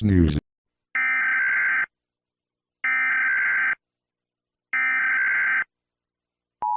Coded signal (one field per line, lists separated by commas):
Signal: Emergency Alert System (SAME) tones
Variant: header bursts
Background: speech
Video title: EAS Scenario - The Great Earthquake (1977)